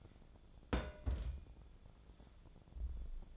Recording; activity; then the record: daily activity, microphone in the room; place on stove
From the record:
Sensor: 5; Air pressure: 1000.0 hPa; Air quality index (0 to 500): 94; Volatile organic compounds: 1 ppm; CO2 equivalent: 767 ppm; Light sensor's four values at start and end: 342/797/349/392 and 345/800/351/394